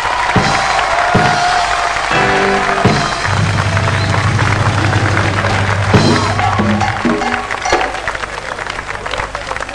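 A crowd applauds loudly and steadily for about ten seconds, a dense crackle of clapping with some low sustained tones mixed in underneath.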